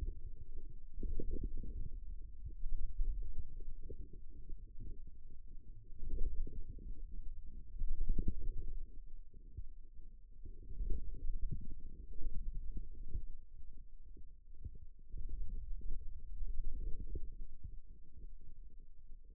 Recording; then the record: forearm muscle sounds (acoustic myography)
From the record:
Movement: wrist flexion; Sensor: system 2, bracelet of six BSWA MPA416 microphones around the upper forearm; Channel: 5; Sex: male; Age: 22 years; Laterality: right